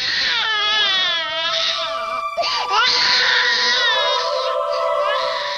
A baby's cry contains random, jarring frequencies.